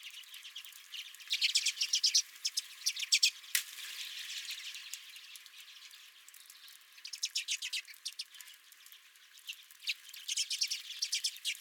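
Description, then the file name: Redpolls twittering in bursts of rapid, dry chip series, separated by quieter stretches of soft background chatter, with one sharp click around three and a half seconds. Redpolls at the recordist's feeder. "Redpolls at My Feeder"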